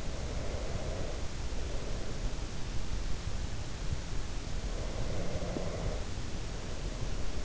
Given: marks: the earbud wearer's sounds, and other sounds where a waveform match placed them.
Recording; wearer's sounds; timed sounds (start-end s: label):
sounds in sleep by an in-ear microphone; breath
0.01-2.48 s: breath
4.60-7.45 s: breath